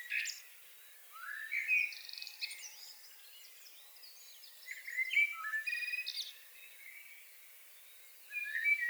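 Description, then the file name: Common blackbird song, several phrases of rich fluted notes mixed with high twittering, with pauses between them. "Turdus merula"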